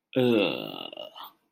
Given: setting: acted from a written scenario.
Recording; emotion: vocal sound without words; disgust